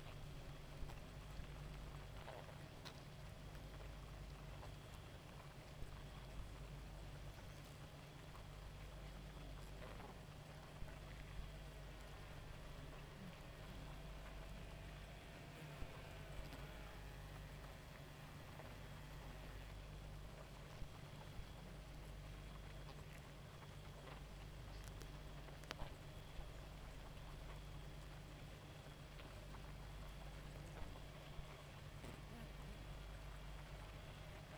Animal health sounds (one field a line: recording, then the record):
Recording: honeybee colony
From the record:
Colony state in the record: active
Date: 28 July 2017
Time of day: 1:09